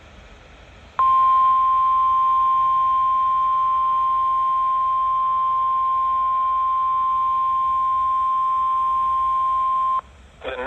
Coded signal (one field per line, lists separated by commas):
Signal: Emergency Alert System (SAME) tones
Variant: 1050 Hz attention tone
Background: speech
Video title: (EAS #487) Severe Thunderstorm Warning for Lafayette and Rock, Wisconsin